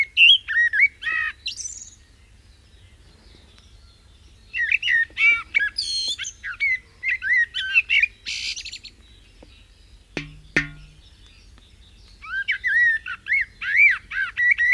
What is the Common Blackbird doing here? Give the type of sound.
song